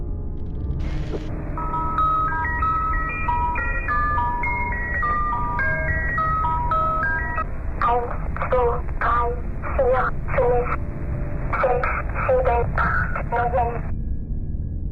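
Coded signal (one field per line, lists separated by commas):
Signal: numbers station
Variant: child's voice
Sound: music-box style tune for several seconds, then short evenly spaced spoken words, likely numbers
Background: radio static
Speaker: a commencé à se manifester en 1970 et a arrêté en 1997. On peut entendre tout au long du clip audio une personne lisant des chiffres, un peu comme les précédentes stations. Mais cette fois-ci, les chiffres sont prononcés par un enfant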